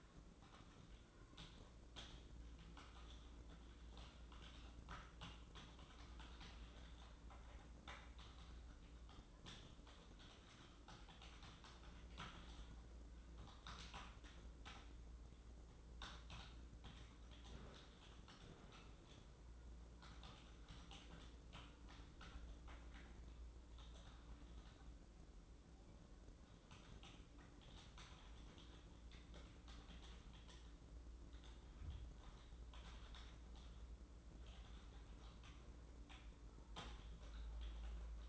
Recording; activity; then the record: daily activity, microphone in the room; typing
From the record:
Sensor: 3